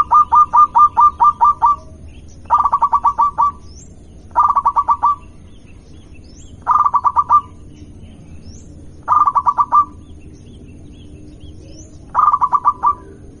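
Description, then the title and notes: Zebra dove song in six clipped bursts of quick, evenly spaced coo notes, separated by irregular pauses, over a steady low rumble. Local strain of zebra dove. "Kicau Perkutut Lokal. Kicau Burung Perkutut"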